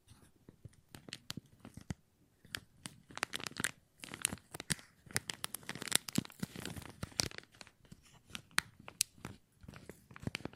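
Plastic crinkles in quick, irregular bursts of sharp crackles and snaps. The handling is busiest from about three to eight seconds, with dense clusters of bright crackling, and briefer pauses between flurries elsewhere.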